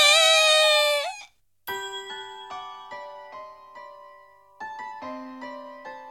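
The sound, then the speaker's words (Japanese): A voice gives a drawn-out, wavering, whimpering meow like a small cat creature, Ryo-chan from Tenchi Muyo!, then falls silent before a series of bright, ringing chime notes rings out. “りょうちゃん、ごめんね。 にゃーん。”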